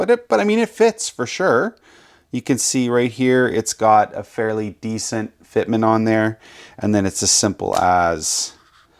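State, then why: Not seated. A NEEWER clip-on mount sits over a phone camera while a 67mm variable ND filter is handled for fitting onto it, and someone talks throughout. Nothing has seated or clicked yet; the filter is not home by the end of the clip.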